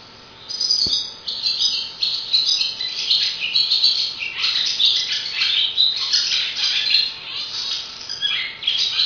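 Swallow giving a long run of busy, chattering twitters and scratchy high notes, nearly continuous after a brief quiet start, with one soft click early on.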